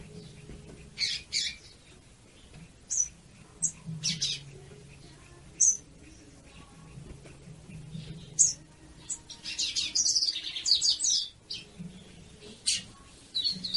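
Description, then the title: Yellow-bellied seedeater giving scattered high chirps and short sharp notes, with a denser twittering burst later, over intermittent low hum. Female song, played to excite or stimulate males. "Canto de Papa Capim. CANTO DE FÊMEA PARA ESQUENTAR PAPA CAPIM"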